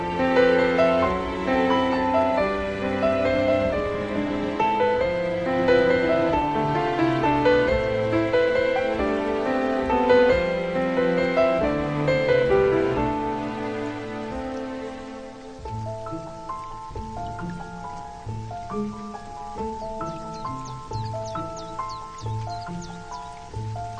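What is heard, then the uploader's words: Smooth jazz plays over a soft hiss of rain. For the first fifteen seconds the band is full and warm, with layered chords and a steady low line; then it thins and drops in level, leaving sparser, clearer single notes over the patter. Smooth Jazz & Rain.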